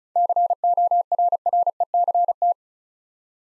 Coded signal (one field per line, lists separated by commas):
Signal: Morse code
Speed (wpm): 36 wpm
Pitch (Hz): 700 Hz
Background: none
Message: CORRECT